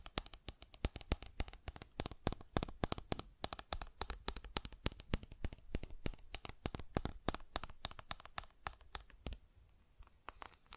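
Fast tapping: dense, rapid clicks come in quick irregular bursts, each a sharp, bright tick with a papery, crinkly edge. The pace stays busy through most of the clip, thinning out after about nine seconds to a few scattered taps near the end.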